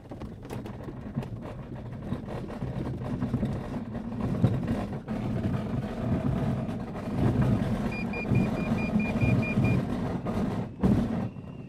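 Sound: tow plane engine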